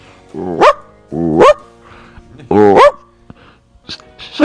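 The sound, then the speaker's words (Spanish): A dog lets out three loud, drawn-out barks with a rising, whiny pitch, spaced about a second apart, followed by a few faint short sounds. “Soy el perro de la familia y voto por Jesús.”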